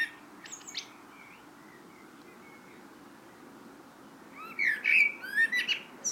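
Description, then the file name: Common blackbird: a faint high note early on, then a loud phrase near the end of rich, slurred whistles running into quick, high twittering. "Turdus merula"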